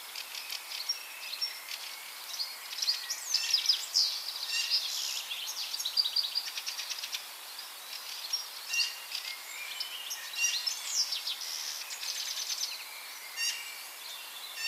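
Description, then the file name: European goldfinch twittering in a long run of fast, tinkling, high notes, rising and falling in loudness. "Carduelis carduelis"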